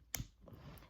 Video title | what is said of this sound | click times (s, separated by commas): Ending of PD therapy & disconnection | You're going to twist them until they click. | 0.1 s